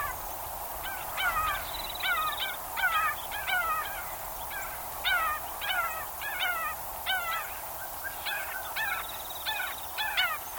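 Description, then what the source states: Bird calls: many short, downward-slurred notes, often in quick groups of two or three, over a steady background hiss. Swamp bird calls.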